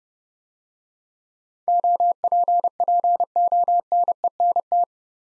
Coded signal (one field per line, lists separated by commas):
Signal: Morse code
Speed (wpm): 28 wpm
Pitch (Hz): 700 Hz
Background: none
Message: OPPONENT